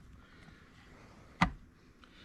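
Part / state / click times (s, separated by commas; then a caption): screw cap on sprayer tank / seated / 1.4 s. A plastic screw cap on the tank of a WORX 20V WG829 cordless sprayer, first cross-threaded, is turned backwards until its threads drop into place, then screwed on, a trick for knowing the cap is locked in. Against a quiet background, a single sharp click is heard at 1.4 s, followed by a faint tick near 2.0 s. The cap's threads seat correctly.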